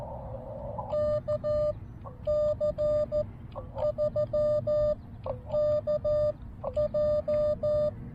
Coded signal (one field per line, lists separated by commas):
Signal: Morse code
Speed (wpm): 14 wpm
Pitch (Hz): 1200 Hz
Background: none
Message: KC3KJ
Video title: Join Brooks on his First CW POTA Activation!